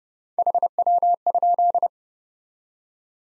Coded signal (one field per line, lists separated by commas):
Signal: Morse code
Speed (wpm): 30 wpm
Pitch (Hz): 700 Hz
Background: none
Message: HW?